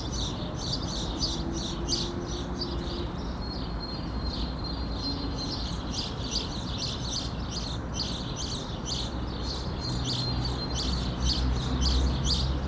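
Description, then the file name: House sparrow chirps, a dense run of short, harsh notes over a steady low rumble. "Passer domesticus"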